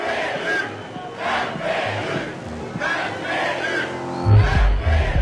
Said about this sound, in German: Jetzt ist die Zeit. Jetzt, rufen sie und begrüßen mit lautem Beifall Peter Modior, der zu ihnen spricht und Viktor Orbán herausfordert.